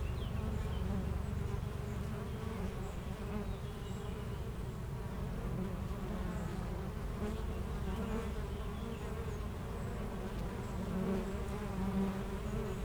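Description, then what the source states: Honey bees humming in a steady low buzz throughout. Foraging honey bees flying constantly to and from flowers between two hives of a garden apiary in Aix-les-Bains, France.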